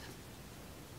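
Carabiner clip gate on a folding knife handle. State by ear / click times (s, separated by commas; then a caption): not seated / none. A built-in carabiner clip on a thin folding knife is being handled, its spring gate worked toward snapping shut. Only a soft, steady broadband hiss and faint rustle are heard, with no sharp transients. Nothing has seated or clicked yet.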